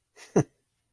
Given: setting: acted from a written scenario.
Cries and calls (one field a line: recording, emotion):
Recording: vocal sound without words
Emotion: contempt